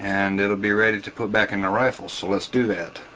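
A steel rifle bolt head is handled on the bolt carrier during reassembly, ready to be rotated clockwise into its detent positions, while someone talks throughout. Nothing has seated or clicked yet in this clip.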